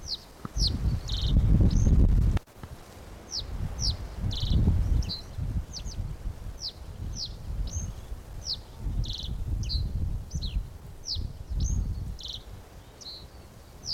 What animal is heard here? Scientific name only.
Emberiza schoeniclus